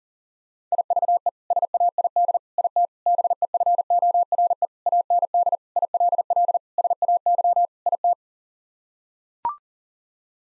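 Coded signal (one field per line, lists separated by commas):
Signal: Morse code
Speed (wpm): 40 wpm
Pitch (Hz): 700 Hz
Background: none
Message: IVE SAID IT BEFORE AND ILL SAY IT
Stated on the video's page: Head-copy practice drill of common eight-word groups sent at 40 wpm, each set sent, spoken, then sent again.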